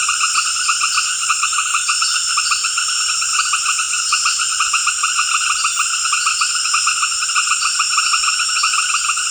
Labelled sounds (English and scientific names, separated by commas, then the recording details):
none
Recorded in secondary vegetation near Puerto Asís, Putumayo, Colombia, on 12 March 2025 at 18:30
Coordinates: 0.488, -76.319
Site G095